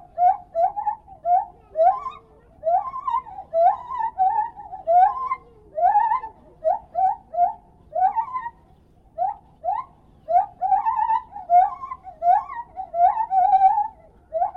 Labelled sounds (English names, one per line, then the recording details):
Lar Gibbon
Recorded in captivity
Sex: male
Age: adult
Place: Tierpark Berlin, Berlin, DE
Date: 1968-12-22 12:30
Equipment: Uher 4000 Report, Sennheiser MD 421
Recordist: Tembrock, Günter
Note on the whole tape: Männchen: Gesänge, sitzt dabei im offenen Kasten des Außengeheges; Abstand ca. 8 m. Aufnahme endet abrupt